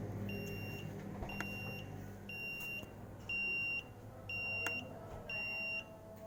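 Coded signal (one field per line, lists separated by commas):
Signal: alarm pattern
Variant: vehicle reversing alarm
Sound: about six steady high-pitched beeps, roughly half a second each, repeating every second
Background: vehicle and street noise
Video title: Beep sound like as vehicle reverse sound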